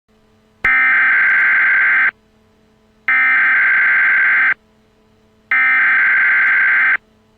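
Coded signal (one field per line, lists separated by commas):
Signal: Emergency Alert System (SAME) tones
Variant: header bursts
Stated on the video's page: Simulated EAS alert for a hypothetical asteroid impact, not a real broadcast.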